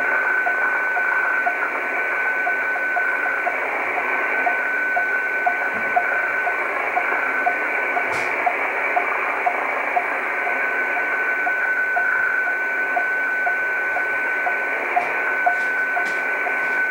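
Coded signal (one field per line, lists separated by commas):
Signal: weather fax (radiofax)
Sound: steady whistle-like tone in radio hiss with faint ticking twice per second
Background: radio static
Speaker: this is very weird because 20 M BAND is not a place for hfx transmissions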